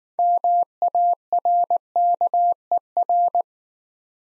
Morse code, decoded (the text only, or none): MARKER